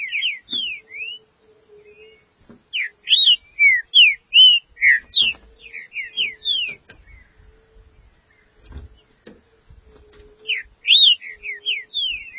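Green-winged saltator song in repeated bursts of rapid slurred whistles, with quieter pauses and low thumps between phrases, plus a faint steady hum.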